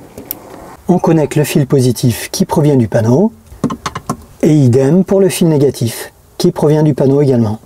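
A positive male MC4 solar connector on a red cable is pushed into its mating MC4 connector and seats with a sharp latch click at 0.3 s. Someone talks through most of the clip, with a few more short clicks around 3.6 to 4.1 s.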